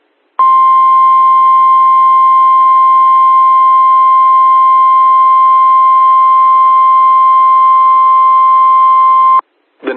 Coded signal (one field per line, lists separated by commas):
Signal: Emergency Alert System (SAME) tones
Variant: 1050 Hz attention tone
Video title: Still More From The Backlogs... EAS Alerts from 7/2/2022 (EAS #1357-1360)